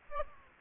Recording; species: mosquito wingbeat signal from an infrared sensor; Aedes aegypti